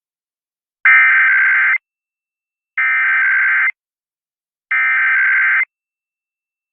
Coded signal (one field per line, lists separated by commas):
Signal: Emergency Alert System (SAME) tones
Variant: header bursts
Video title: A Shortened Weekly Thursday (EAS #10246-10248) 3/16/23